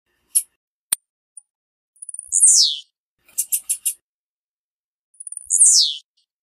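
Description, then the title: Blue-black grassquit female calls: very high, thin descending squeaky notes with a few sharp clicks and short high pips in between, otherwise silent. "Piado De Fêmea De Tiziu"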